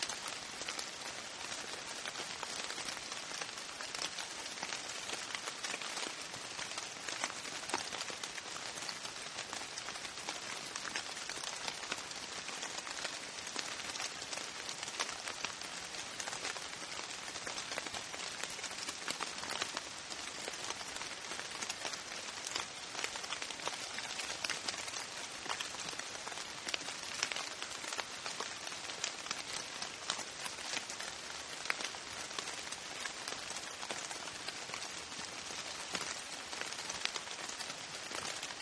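Steady, dense rain patters on a surface throughout, a bright, even hiss of countless drops that stays level without pauses or swells.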